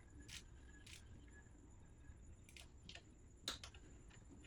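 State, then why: Torque reached. A click-type torque wrench tightens a cover bolt on a motorcycle. Several short ratcheting ticks come first, then the wrench gives one sharp click at 3.5 s as it reaches the required torque spec.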